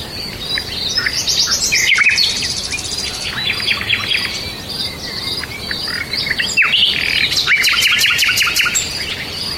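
Birds chirp and twitter continuously: many high, quick notes and trills overlap over a steady background hiss.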